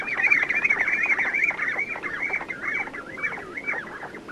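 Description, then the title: Common Ringed Plover calls, a fast run of rolling fluty notes, wavering up and down. "Tylli"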